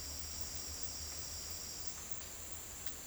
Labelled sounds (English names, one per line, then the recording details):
none
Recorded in secondary vegetation near Puerto Asís, Putumayo, Colombia, on 30 June 2025 at 11:00
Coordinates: 0.499, -76.323
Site G077